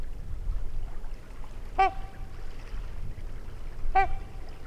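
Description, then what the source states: Trumpeter swan trumpet call: two brief, nasal, horn-like honks about two seconds apart, over steady low rumbling background noise. Trumpeting near a lake in Wisconsin, 2019.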